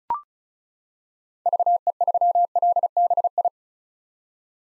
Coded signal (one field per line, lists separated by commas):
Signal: Morse code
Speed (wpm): 36 wpm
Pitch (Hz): 700 Hz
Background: none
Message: VE3LBI